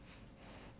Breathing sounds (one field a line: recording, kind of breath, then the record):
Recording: one breath in and out by a microphone near the nose and mouth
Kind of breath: strong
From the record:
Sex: male